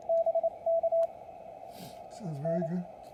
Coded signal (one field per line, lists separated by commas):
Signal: Morse code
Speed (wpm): 28 wpm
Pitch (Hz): 660 Hz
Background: speech, radio noise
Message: BK N